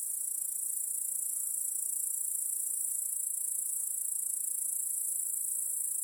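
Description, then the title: A cricket chorus gives a constant, even, high-pitched ringing trill with no pauses from start to end. Cricket chorus in a home backyard at night. "Crickets in Your Backyard. Discovering the Sounds of Home"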